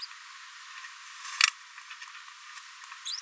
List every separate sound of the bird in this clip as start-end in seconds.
3.05-3.17